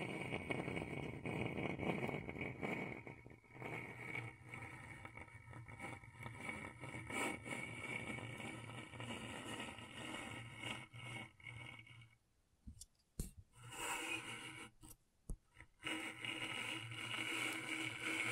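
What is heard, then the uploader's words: Scratchboard being worked, a rough scraping texture that runs fairly dense for the first dozen seconds with a low rumble beneath it and a few sharper strokes. Around twelve seconds it drops to near silence, broken by brief scratches and clicks, then resumes more brightly near the end. ASMR Brain Tingling Scratchboard (No Talking).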